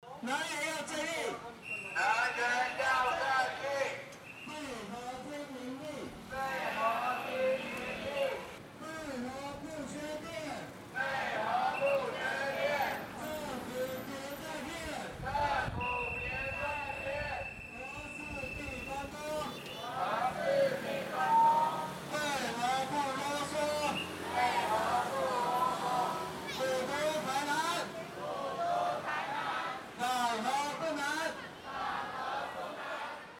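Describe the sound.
At a City God temple during moon-block casting, crowded voices chatter continuously, while a steady high tone sounds several times and a brief clatter comes near fifteen seconds.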